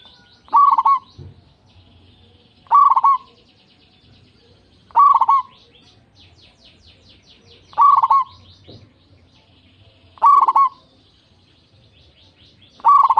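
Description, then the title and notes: Zebra dove song: short burbling coo phrases, repeated steadily several times. Local zebra dove with a loud, clear, crystal-like voice, singing eagerly. "PERKUTUT LOKAL GACOR Suara KRISTAL LANTANG. Kicau Burung Perkutut"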